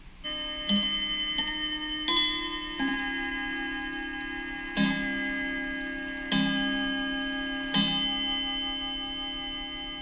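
A clock sounds alone with seven ringing, bell-like metallic strikes at uneven intervals, each bright tone lingering and overlapping the next before slowly fading.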